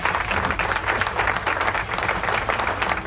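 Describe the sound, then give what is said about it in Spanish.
Steady studio applause in the AZ Rock radio studios, a dense patter of many hands clapping at constant loudness throughout, with no voices standing out. “¡Aplauso!”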